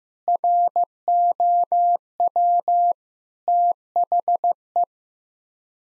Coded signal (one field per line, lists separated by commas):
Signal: Morse code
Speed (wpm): 16 wpm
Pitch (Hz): 700 Hz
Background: none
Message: ROW THE